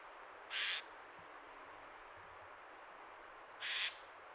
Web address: SETE Garrulus glandarius